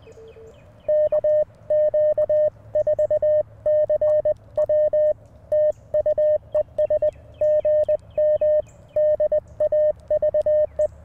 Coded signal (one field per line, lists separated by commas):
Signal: Morse code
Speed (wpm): 20 wpm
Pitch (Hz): 590 Hz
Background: radio noise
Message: KQ4CW TU ES GM DAVE